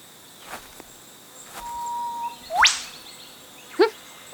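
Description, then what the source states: Eastern Whipbird whip-crack call: a long, steady whistle, then an explosive upward snap, followed by a few short notes; faint rustling and ticks. Snapping sound like the cracking of a leather whip, heard in forest near the Coomera Valley; the species is found along the coastal band from northern Queensland down to Victoria.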